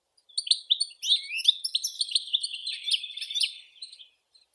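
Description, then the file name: European goldfinch song, a liquid, tumbling run of high twittered and slurred notes lasting about four seconds. "Golosa ptic - CSHegol Carduelis carduelis"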